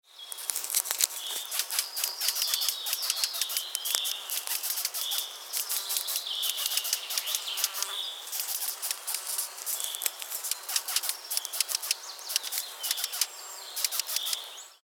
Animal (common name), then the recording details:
Spring Dumbledor. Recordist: Tembrock, Günter. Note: Stridulationsgeräusche